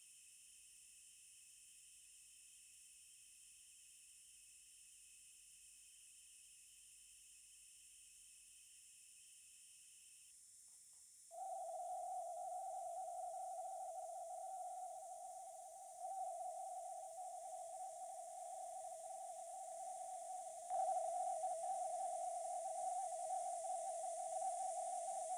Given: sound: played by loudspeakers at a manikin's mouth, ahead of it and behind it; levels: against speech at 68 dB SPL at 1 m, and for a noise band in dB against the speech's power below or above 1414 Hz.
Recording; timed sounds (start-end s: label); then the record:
test signals for a remote microphone
0.00-10.31 s: noise band at 2828 Hz, as loud as that band is in speech
11.31-16.00 s: noise band at 707 Hz, -10 dB
16.00-20.70 s: noise band at 707 Hz, -5 dB
20.70-25.37 s: noise band at 707 Hz, 0 dB
From the record:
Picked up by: remote microphone D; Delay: 24 ms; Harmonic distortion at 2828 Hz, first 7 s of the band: under -7 dB (system noise only)